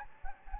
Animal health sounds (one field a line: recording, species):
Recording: mosquito wingbeat signal from an infrared sensor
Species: Anopheles gambiae